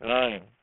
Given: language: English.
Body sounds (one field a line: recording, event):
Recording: throat vibration sensor signal played as sound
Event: speech